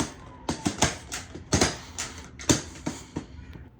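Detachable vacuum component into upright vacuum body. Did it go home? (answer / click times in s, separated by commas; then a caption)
no / none. Someone tries to fit a detachable part back into the body of a few-years-old Shark upright vacuum, making a series of sharp plastic knocks and rattles at about 0.0, 0.5, 0.8, 1.5 and 2.5 s. The part does not click into place because the unit is worn down, so nothing has seated.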